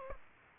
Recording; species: mosquito wingbeat signal from an infrared sensor; Aedes aegypti